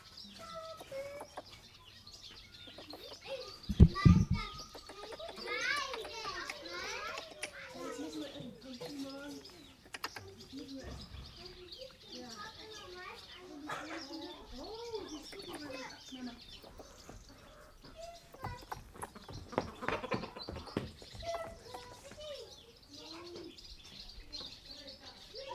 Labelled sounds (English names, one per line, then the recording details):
Beech Marten call
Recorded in captivity
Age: adult
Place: NSG Serrahn, Mecklenburg-Vorpommern, DE
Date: 1967-07-30
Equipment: Nagra III BH
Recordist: Schubert, Michael